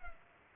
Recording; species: mosquito wingbeat signal from an infrared sensor; Culex pipiens